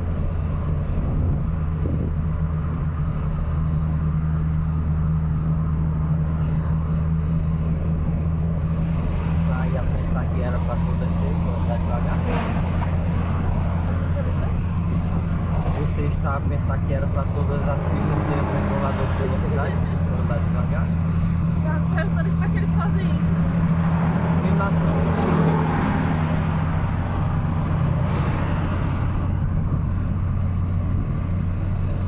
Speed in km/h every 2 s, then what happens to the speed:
63, 56, 54, 51, 51, 55, 77, 78, 79, 80, 80, 80, 82, 83, 82, 84.
0-8 slows to 51. 8-12 speeds up to 77. 12-32 steady at about 80.